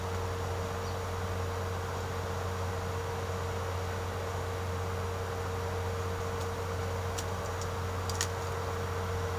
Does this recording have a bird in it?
no